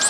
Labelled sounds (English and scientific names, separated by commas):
Blue-winged Warbler (Vermivora cyanoptera) flight call